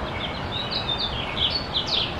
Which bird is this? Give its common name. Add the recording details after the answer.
House Finch. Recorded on Long Island, New York, on 25 May 2011. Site KG. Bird A